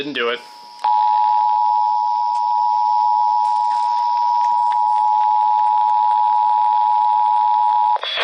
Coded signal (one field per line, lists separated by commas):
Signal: Emergency Alert System (SAME) tones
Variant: 853 and 960 Hz attention tone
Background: speech